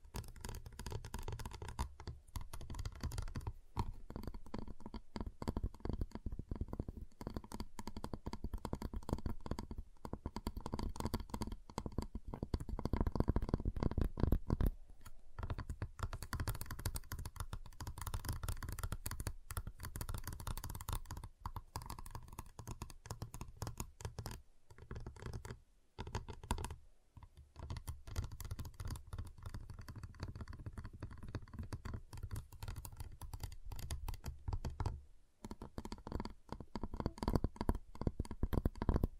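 Tapping and crinkling on a giant chocolate bar, with dense, rapid, irregular clicks and taps packed throughout. A low rumbling handling sound runs underneath, and several sharp snaps and brief pauses break the flow around 15, 25 and 35 seconds.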